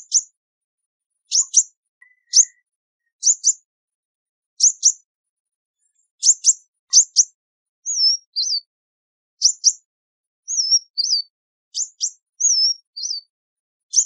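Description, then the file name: Sunbird calls: high, sharp chip pairs repeated frequently, later mixed with short sliding, curling whistles. "Tieng chim hut mat"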